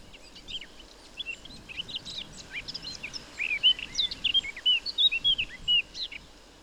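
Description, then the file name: Eurasian blackcap: soft, scratchy subsong-like twittering that shifts halfway through into loud, clear, looping fluted whistles over faint background noise. "Sylvia atricapilla"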